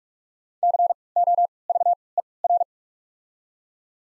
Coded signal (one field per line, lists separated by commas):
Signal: Morse code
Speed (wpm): 47 wpm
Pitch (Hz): 700 Hz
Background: none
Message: C O V E R